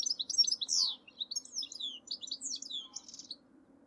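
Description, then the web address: Bird chirping, a rapid run of high, sharp, varied notes and short slurred whistles, fading toward the end over a faint low hum. "Deverinetal. Bird Only"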